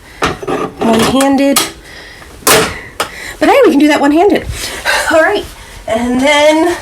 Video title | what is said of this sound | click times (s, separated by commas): Make sweet CRANBERRY bread in the bread maker with me 💜🦇💜 | and we grab the bread pan which we just snap into place | 0.2 s